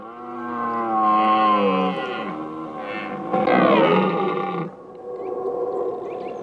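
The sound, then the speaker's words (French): A red deer stag bellows in rut in the Sologne countryside, France: loud, deep, moaning roars with rich harmonics, several drawn-out calls running together, the middle one harsher and more strained, then a lower grumbling tail. “Écoutez bien, mes amis, tendez l'oreille et entendez le brame du grand cerf en rut.”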